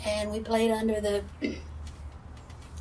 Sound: clears throat